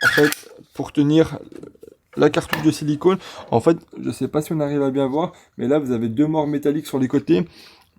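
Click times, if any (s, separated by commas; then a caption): none. A silicone cartridge is being handled at a caulking gun whose holder has two metal jaws on the sides that the cartridge clips between. Someone talks throughout the clip, and only a faint, very quiet tick is heard at the very end. Nothing has seated or clicked yet.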